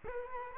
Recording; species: mosquito wingbeat signal from an infrared sensor; Culex quinquefasciatus